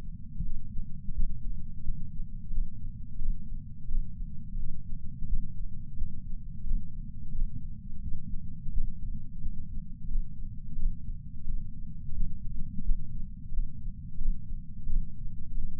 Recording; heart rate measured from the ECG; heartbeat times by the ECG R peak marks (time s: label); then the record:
heart sounds by patch sensor on the chest; 87 bpm
0.45 s: heartbeat
1.15 s: heartbeat
1.84 s: heartbeat
2.52 s: heartbeat
3.20 s: heartbeat
3.89 s: heartbeat
4.58 s: heartbeat
5.28 s: heartbeat
5.98 s: heartbeat
6.66 s: heartbeat
7.33 s: heartbeat
8.02 s: heartbeat
8.73 s: heartbeat
9.42 s: heartbeat
10.10 s: heartbeat
10.77 s: heartbeat
11.45 s: heartbeat
12.15 s: heartbeat
12.85 s: heartbeat
13.53 s: heartbeat
14.20 s: heartbeat
14.88 s: heartbeat
15.57 s: heartbeat
From the record:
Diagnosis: coronary artery disease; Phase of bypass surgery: postoperative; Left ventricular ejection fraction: 65.4%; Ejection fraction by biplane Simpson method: 64.8%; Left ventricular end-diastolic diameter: 41 mm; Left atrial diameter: 37 mm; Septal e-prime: 8.8 cm/s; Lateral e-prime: 8.1 cm/s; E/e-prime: 9.9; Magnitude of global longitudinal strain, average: 18.9%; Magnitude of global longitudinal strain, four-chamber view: 23.8%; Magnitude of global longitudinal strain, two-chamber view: 17.7%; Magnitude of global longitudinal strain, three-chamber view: 15.3%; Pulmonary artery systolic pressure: 36 mmHg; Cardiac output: 4.4 L/min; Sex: male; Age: 76 years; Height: 165 cm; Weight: 79 kg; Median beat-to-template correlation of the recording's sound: 0.64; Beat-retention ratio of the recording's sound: 0.99